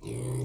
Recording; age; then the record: pig call; weaner (32 to 43 days)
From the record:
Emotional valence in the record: negative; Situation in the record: novel object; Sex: female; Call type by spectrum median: low-frequency call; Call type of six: low-frequency stable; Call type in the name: low-frequency stable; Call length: 0.45 s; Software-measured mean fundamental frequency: 61 Hz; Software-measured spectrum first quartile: 137 Hz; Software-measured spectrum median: 342 Hz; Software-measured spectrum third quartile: 1423 Hz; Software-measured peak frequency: 129 Hz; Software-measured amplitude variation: 79 dB a second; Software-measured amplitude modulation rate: 31.2 a second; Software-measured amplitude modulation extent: 2.5 dB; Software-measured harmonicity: 11.7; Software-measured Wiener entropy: -2.60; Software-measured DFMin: 1010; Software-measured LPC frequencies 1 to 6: 314, 2204, 3372, 4035, 4874, 5727 Hz